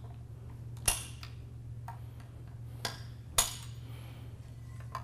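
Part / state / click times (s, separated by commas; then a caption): torque wrench on the barrel clamp screws of a rifle chassis / torque reached / 0.9 s, 2.8 s, 3.4 s. A torque wrench set to 70 in-lb is turned on the four clamp screws holding the barrel in an SRS rifle chassis to verify the barrel is torqued down. Sharp ticks sound over a steady low hum, and the wrench clicks at its setting at 0.9, 2.9 and 3.4 seconds.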